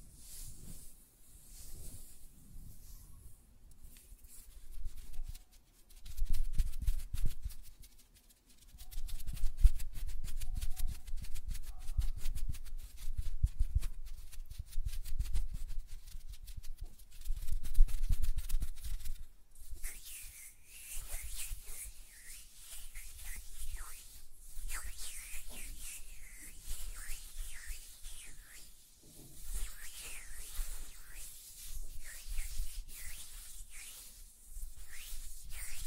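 Hand sounds made by tapping on nails and fluttering fingers, a dense run of quick, light ticks and soft rubbing that rises and falls in bursts. After about twenty seconds the sound turns brighter and more hissing, with short swishes repeating every second or so.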